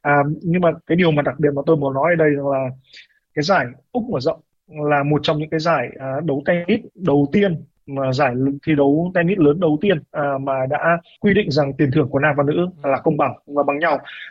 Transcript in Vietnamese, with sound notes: À, nhưng mà cái điều mà đặc biệt mà tôi muốn nói ở đây là [tiếng hít vào] cái giải Úc mở rộng là một trong những cái giải đấu tennis đầu tiên mà giải thi đấu tennis lớn đầu tiên à, mà đã quy định rằng tiền thưởng của nam và nữ là công bằng và bằng nhau.